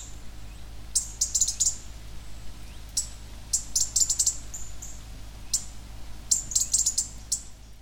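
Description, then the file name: European robin calls: short bursts of rapid, very high clicking ticks separated by brief pauses, plus a faint thin whistle, with a constant low hum beneath. "Erithacus rubecula"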